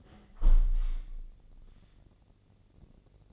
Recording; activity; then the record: daily activity, microphone in the room; close window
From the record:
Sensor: 4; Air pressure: 1013.1 hPa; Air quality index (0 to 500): 171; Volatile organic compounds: 2 ppm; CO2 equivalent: 1079 ppm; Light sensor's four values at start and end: 37/91/37/37 and 36/90/36/36